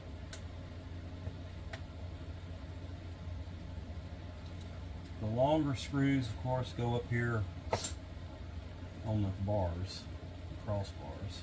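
Internal frame parts of a vintage Penn Peer 209 level-wind fishing reel are pressed together into the reel frame after the pinion gear is slid in, giving two short, sharp snaps at 0.3 s and 1.7 s as the parts seat. A steady low hum runs underneath, and someone talks in the second half.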